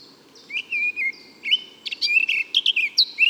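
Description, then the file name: Eurasian blackcap song: a short passage of mixed warbled notes and rich whistles, quick and irregular, with faint low background hum. "Sylvia atricapilla"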